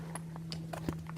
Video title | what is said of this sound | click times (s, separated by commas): Is The Keysmart urban 21 commuter Worth It? | there are magnetic buckles on the side they just snap right in there | 0.5 s